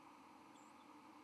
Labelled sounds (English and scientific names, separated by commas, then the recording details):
White-throated Sparrow (Zonotrichia albicollis) flight call
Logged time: 06:06 on 31 October 2014